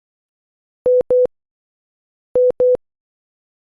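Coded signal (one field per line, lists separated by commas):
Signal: none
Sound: program segment transition beeps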